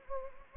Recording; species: mosquito wingbeat signal from an infrared sensor; Anopheles gambiae